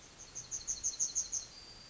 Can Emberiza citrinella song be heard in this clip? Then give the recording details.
yes. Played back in forest. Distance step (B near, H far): E. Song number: 033